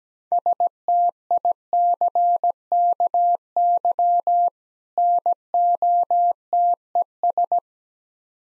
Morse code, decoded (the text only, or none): STICKY NOTES